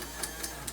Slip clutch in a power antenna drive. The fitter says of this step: of course you hear the clutch click that's normal because this is a semi-automatic antenna and